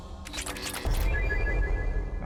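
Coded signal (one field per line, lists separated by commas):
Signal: none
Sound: game's probe launch beeps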